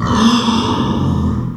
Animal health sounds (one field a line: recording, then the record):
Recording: squeal of a Yucatan mini pig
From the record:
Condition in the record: after surgery on the right vocal fold (resection and tissue-engineered implant)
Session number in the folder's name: 15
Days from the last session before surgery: 175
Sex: female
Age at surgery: 19 weeks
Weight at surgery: 25 kg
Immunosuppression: prednisolone